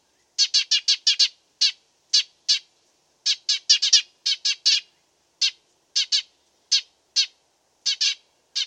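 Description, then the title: Dead Sea sparrow giving rapid clusters of sharp, chattering chirps, some long runs, others single notes, against a silent background. Master song for training songbirds (masteran). "burung gereja dead sea masteran"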